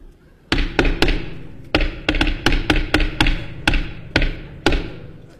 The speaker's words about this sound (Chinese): 你干嘛呢？ 敲门。 您敲门，您不说叫门吗？